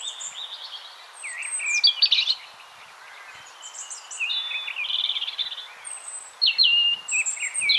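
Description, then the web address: European robin singing varied high warbles, sliding whistles and quick trills in phrases with short gaps. "SETE Erithacus rubecula"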